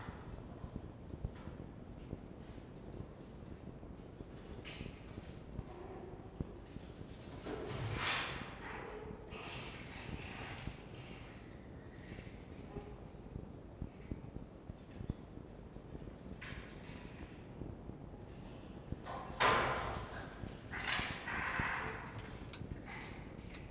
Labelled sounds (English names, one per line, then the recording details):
Red Fox
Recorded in captivity
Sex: pair
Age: adult
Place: Zoologisches Institut der HUB, Berlin, DE
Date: 1952-03-06 19:15
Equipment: Elmetra
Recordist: Tembrock, Günter